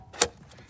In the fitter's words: let's see this guy goes back down on here just like this snap